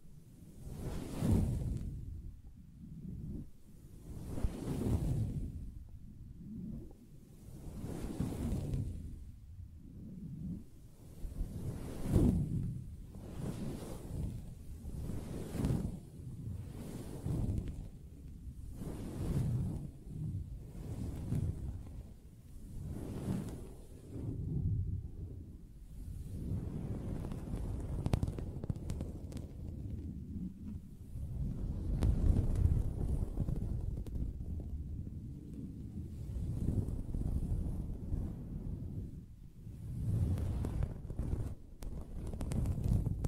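Soft fabric is tapped and scratched in a steady, low, muffled rhythm, with rubbing strokes swelling and fading about every one to two seconds. The sound stays mostly dull and thumpy, with occasional brighter scratchy edges, and grows slightly denser after about twenty-five seconds.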